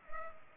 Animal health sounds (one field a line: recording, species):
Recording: mosquito wingbeat signal from an infrared sensor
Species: Culex pipiens